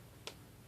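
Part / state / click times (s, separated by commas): leash wrap snap fasteners closing around a harness guide handle / seated / 0.3 s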